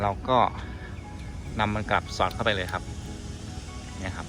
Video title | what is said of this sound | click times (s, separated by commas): เปลี่ยนใบปัดน้ำฝน BYD ATTO3 | แล้วก็กดลงให้ลงล็อคเรียบร้อยแล้วครับลงล็อคเรียบร้อยนะครับ | 4.1 s, 4.2 s